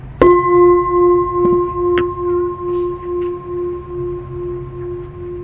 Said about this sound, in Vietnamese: Nghe chuông xin đứng dậy và lại xuống ba lại để tỏ lòng tôn kính biết ơn Tam Bảo.